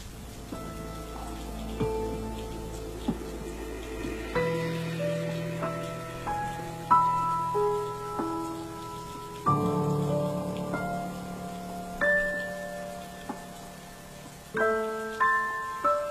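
Steady rain patters in a soft, continuous hiss by a small grave while gentle sustained musical notes ring out over it, shifting chords every few seconds; no one speaks.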